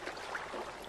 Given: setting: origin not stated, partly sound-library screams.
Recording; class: one-second piece from a danger detection set; normal situation